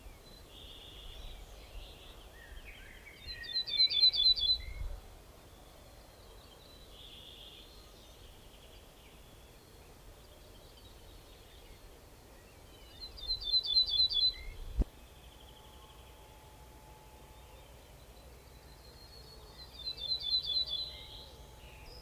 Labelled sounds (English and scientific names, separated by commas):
Ortolan Bunting (Emberiza hortulana) song